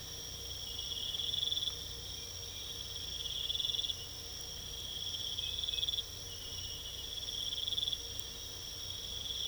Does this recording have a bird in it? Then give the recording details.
no. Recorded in pastures near Puerto Asís, Putumayo, Colombia, on 22 December 2024 at 03:30. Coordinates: 0.486, -76.323. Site GP01